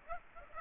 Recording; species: mosquito wingbeat signal from an infrared sensor; Aedes aegypti